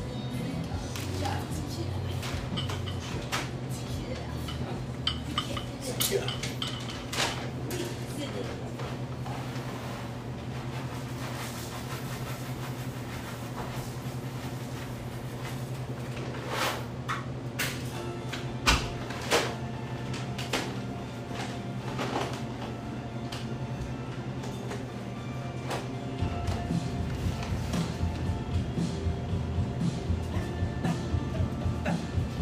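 Café ambience with a steady low hum, scattered clinks of dishes and short knocks throughout, and the low rumble growing busier after about 26 seconds.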